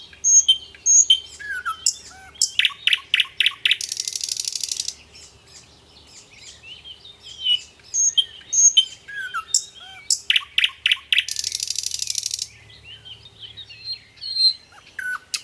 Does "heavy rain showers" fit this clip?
no